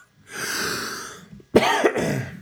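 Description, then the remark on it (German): A drawn-out, raspy throat-clearing rasp, then a short pause and two quick, sharp coughs in a row, fairly loud and with no talking. “Oh, siehst du, ich habe meine Husttaste, meine Rauschtaste nicht gedrückt und jetzt bin ich wieder ganz leise.”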